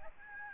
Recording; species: mosquito wingbeat signal from an infrared sensor; Aedes albopictus